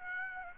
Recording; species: mosquito wingbeat signal from an infrared sensor; Aedes aegypti